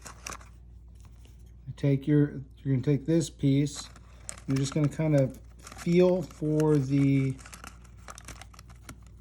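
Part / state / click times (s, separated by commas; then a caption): plastic mask component into the mask frame's square holes / not seated / none. A plastic mask piece for a comfort mask is handled, felt along and lined up with the square holes in the mask frame before being pushed in, while someone talks. Faint crinkling and small ticks sound near the start and again toward the end. Nothing has snapped in yet.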